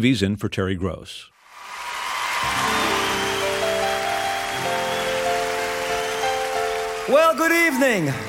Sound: soundbite of performance

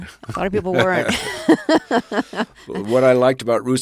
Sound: laughter

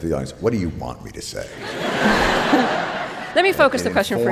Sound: soundbite of laughter

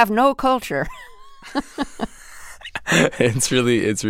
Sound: laughter

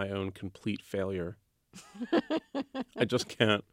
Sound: laughter

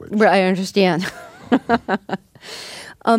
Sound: laughter

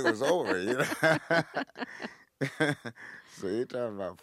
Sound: soundbite of laughter

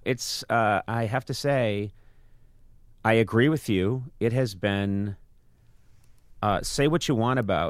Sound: none

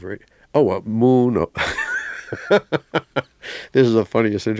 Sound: laughter

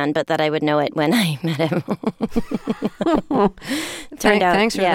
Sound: laughter

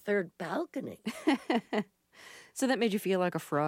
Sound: laughter

